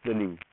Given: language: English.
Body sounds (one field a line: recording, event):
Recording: throat vibration sensor signal played as sound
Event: speech